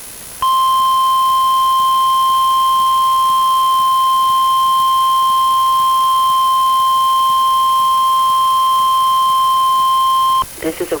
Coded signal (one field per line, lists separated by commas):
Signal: Emergency Alert System (SAME) tones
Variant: 1050 Hz attention tone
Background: speech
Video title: Weatheradio Canada XLF322 | Monthly Test | 2022-06-01 (EAS #104-105)